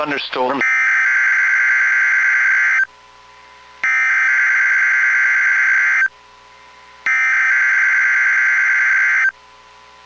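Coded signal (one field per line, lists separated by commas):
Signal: Emergency Alert System (SAME) tones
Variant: header bursts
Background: speech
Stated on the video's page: Direct audio of a routine weekly test from NOAA weather radio station KEC80.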